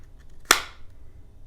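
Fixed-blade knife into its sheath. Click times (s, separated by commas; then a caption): 0.5 s. An Eafengrow EF135 fixed-blade bushcraft survival combat knife, with DC53 steel, a full tang and a G10 handle, is pushed into its rigid sheath. A single sharp, loud snap rings out at 0.5 s against a quiet background and decays quickly. The knife has seated in the sheath's retention and is held securely in place.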